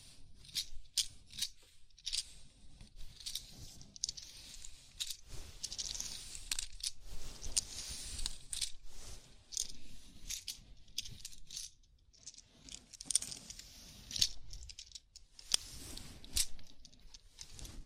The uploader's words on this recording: ASMR Sleepy Scalp Massage (No Talking).